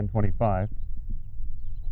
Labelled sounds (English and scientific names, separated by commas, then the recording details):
House Finch (Haemorhous mexicanus) song
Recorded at Babylon on Long Island, New York, on 22 May 1975
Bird C